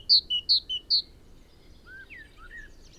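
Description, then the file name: Great tit call: five sharp notes alternating high and low in a quick series, followed by softer, lower curling notes. "Parus major"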